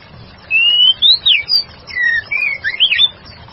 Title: murai batu